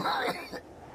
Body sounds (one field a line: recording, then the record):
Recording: coughing mixed with background sound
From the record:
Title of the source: choking, hacking coughing